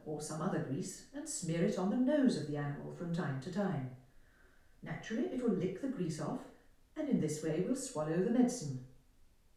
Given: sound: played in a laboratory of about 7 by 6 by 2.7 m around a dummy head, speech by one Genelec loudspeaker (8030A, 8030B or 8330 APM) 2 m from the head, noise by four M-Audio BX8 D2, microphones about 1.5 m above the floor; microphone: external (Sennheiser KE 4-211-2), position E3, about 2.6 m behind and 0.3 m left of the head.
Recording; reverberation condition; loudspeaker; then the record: female speech in English; medium; 90 degrees to the right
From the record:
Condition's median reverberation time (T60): about 510 ms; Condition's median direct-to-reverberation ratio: about -0.5 dB